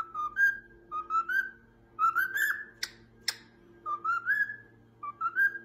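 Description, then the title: Cockatiel whistled song: short phrases of pure notes that climb upward, repeated several times, with two sharp clicks in a pause. "Calopsitas Cantando Assobio"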